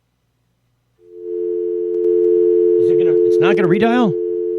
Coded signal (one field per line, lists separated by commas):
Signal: telephone call progress tone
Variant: North America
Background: speech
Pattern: dial tone